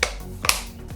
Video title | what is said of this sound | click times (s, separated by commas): Tesla WYE 2 de Teslacigs WYE II | Donc après pour remettre le capot, on peut pas le mettre dans ce sens là bien évidemment, faut le mettre à l'endroit comme ceci et il se clipse comme ceci, vous allez entendre le bruit. | 0.0 s, 0.5 s